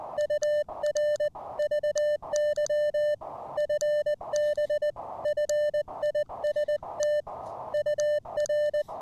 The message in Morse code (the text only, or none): UR VY FB FIST UR